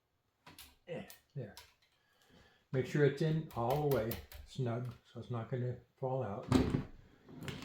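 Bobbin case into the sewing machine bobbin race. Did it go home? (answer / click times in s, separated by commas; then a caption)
yes / 7.5 s. A loaded metal bobbin case, held by its latch, is pushed onto the center pin of the bobbin race of a 1951 Colonial class 15 sewing machine, with its positioning finger in the slot, while someone talks. A short click is heard at 7.5 s as the bobbin case snaps into place and is seated.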